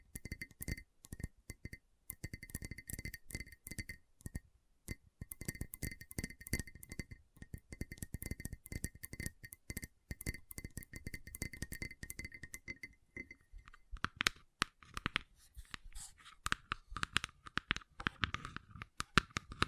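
Gentle tapping goes on throughout, a dense run of quick, light clicks and clinks with a glassy edge. For the first thirteen seconds a steady bright tone rings beneath the taps. After that the tone drops away, leaving sharper, more scattered tapping that grows slightly louder toward the end.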